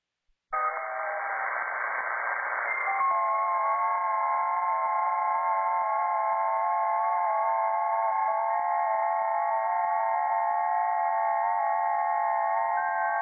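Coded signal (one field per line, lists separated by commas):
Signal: FT8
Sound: many overlapping soft warbling tones, slowly shifting pitch, steady for about 12 seconds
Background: radio static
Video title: Digital Amateur Radio Mode FT8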